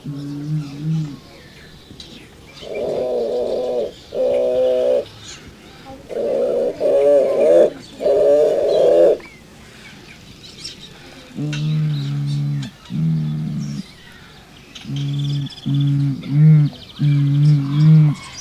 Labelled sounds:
Bare-faced Curassow (Crax fasciolata) call
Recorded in captivity
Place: Vogelpark Walsrode, Niedersachsen, DE
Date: 1986-07-09
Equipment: Halbspur, 9,5 cm/s
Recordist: Lütgens, Hans

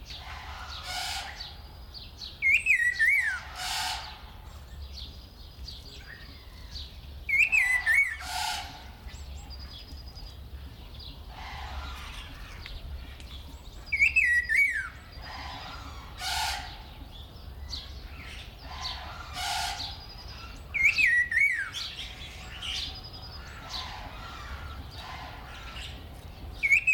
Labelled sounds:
Red-faced Liocichla (Liocichla phoenicea) call
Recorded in captivity
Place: Zoo Berlin, Berlin, DE
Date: 1996-04-20 18:41
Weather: sonnig, 24°C
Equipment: Sony MD-WM MZ-R3, Sennheiser MKH 416 T, Kopie Uher 4000 Report Monitor
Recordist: Tembrock, Günter

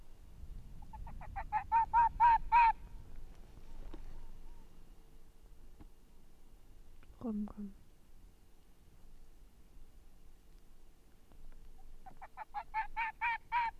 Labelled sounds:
Arctic Fox (Vulpes lagopus)
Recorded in the wild
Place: Insel Mednyi, Kommandeur-Inseln, RU
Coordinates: 54.5167, 168.083
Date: 1999-07-23 19:26
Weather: 8°C, bedeckt, Nebel, leichter Südwestwind
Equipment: Sony WM-D6C, Sennheiser ME 80, K 30 AV, Windkorb, Kopie Tascam DA 30
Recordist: Jakupi, Antje
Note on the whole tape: Südosten der Insel, Bambusstange: Wechselbellen von zwei Tieren. Begonnen hatte ein Tier vom Nordwestkamm, ein Tier vom Robbenkamm antwortet. Je zwei Bellstrophen nicht aufgezeichnet. Mikrofon ist auf Tier vom Robbenkamm [Rüde grün/grün68] gerichtet. Gut

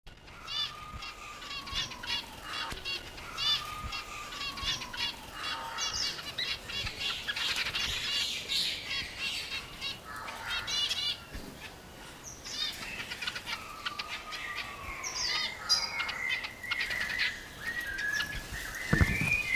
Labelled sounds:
Long-tailed Finch (Poephila acuticauda) call
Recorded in captivity
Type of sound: call
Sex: group
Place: Zoo Berlin, Berlin, DE
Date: 1997-10-25 10:25
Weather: cloudy, 3°C
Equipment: Nagra SN, Kopie Uher 4000 Report Monitor
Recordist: Tembrock, Günter
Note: Gruppe: Laute auf Mikrofon bezogen (rote Kappe)

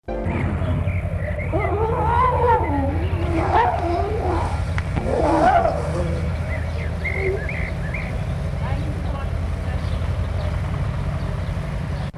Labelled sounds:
Grey Seal (Halichoerus grypus) call
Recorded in captivity
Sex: pair
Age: subadult
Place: Zoo Rostock, Mecklenburg-Vorpommern, DE
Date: 1962-05-25 14:55
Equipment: Minifon, Kopie Smaragd
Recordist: Tembrock, Günter
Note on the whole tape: Zwei etwa dreijährige Tiere, vornehmlich Laute des Weibchens bei Annäherung des Männchens. Abstand: 8-10 m

